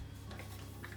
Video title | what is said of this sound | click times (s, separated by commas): Shark Duoclean corded stick Unboxing And How To Attach Together | bit and you put it there make sure it matches up and clicks | 0.8 s